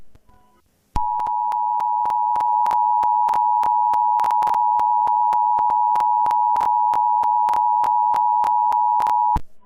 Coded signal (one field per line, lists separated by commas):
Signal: Emergency Alert System (SAME) tones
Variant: 853 and 960 Hz attention tone